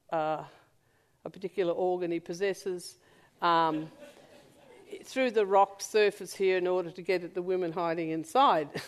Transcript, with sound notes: a particular organ he possesses [laughter] through the rock surface here in order to get at the women hiding inside.